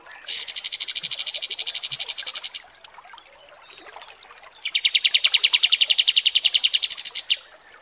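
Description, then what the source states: Kapas tembak song: a fast, high buzzy trill of rapid even pulses for two seconds, a short pause of soft twitters, then a lower pulsed trill of similar length. Masteran training recording for kapas tembak birds, used to tutor song.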